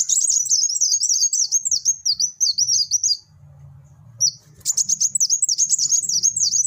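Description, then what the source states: Spiderhunter singing fast strings of thin, high, downward-sweeping notes, breaking off for about a second before resuming; soft low background hum. Song described as lively, clear and long.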